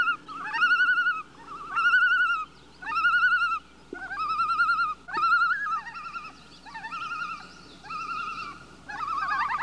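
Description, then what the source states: Loon flight calls, a series of quavering tremolo notes, each under a second, repeated about once a second with brief gaps. Loon giving calls in flight.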